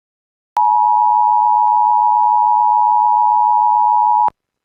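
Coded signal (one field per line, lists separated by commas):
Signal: Emergency Alert System (SAME) tones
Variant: 853 and 960 Hz attention tone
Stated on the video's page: Special marine warning from NWS Tampa Bay Ruskin for Florida coastal waters, with possible waterspouts and 50-knot winds.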